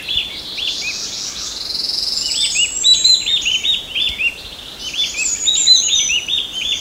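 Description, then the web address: Mountain wren-babbler chirps run in quick repeated strings of short, bright notes, fading briefly then resuming, over a hiss of background noise and a high whistling bird. Recorded on Mount Kinabalu at Bukit Ular, 14 August 2009. "MTKINABALUBUKITULAR. mountain wren-babbler"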